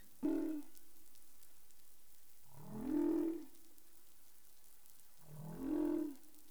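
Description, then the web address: Humpback whale underwater calls: three moaning harmonic units roughly every 2.7 seconds, over faint background hiss. Caribbean waters; recorded 20 April 2021 at 03:38 UTC. "CARIMAM clean data humpback whale"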